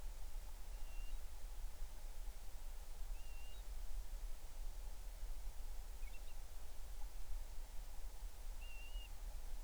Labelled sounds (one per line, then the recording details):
bird
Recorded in the Arctic National Wildlife Refuge, Alaska, on 20 July 2019 at 02:50
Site 38